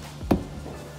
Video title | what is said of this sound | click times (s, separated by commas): CushCore Installation - 2018 Official Video | roll the tire and push core away from you until the bead snaps into place | 0.3 s